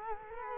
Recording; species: mosquito wingbeat signal from an infrared sensor; Culex quinquefasciatus